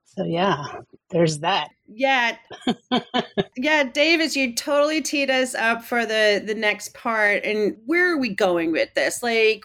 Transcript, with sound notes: So, yeah, there’s that.
Yeah. (laughs). Yeah. Davis, you totally teed us up for the, the next part. And where are we going with this?